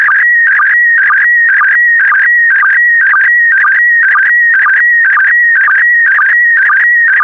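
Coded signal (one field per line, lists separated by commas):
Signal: SSTV (slow-scan television)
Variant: PD120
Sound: warbling tone near 2 kHz with a rhythmic chirp about twice per second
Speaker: transmission complete you can now check your decoded image against the picture that is shown on the video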